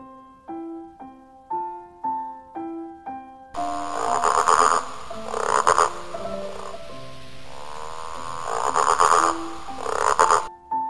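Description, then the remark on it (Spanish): A few short, tonal notes give way to loud, raspy frog croaking that repeats in rough, rhythmic bursts for several seconds, with no one talking. “Oyó una vez un león el croar de una rana y se volvió hacia donde venía el sonido, pensando que era de algún animal muy importante.”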